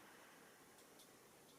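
A hinged metal septum clicker ring with a swan charm is held and bent into position in a nose piercing before the hinged segment is clipped shut. Only a steady broadband hiss is heard, with a few faint, soft high-pitched handling ticks. Nothing has seated or clicked yet.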